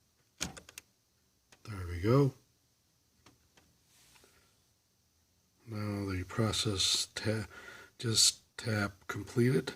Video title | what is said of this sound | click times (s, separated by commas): Epson WorkForce Pro WF-3720. How to replace cartridge. | press press it firmly until you hear the click there we | 0.4 s